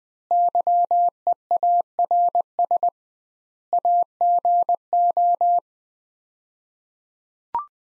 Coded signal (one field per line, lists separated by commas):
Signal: Morse code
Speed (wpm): 20 wpm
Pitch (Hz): 700 Hz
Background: none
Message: YEARS AGO